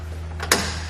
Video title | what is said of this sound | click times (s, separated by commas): etrailer - Compatible? Yes! The Saris Glide EX Bike Rack for 4 Bikes Fits a 2019 GMC Sierra 1500 | a locks in place now | 0.5 s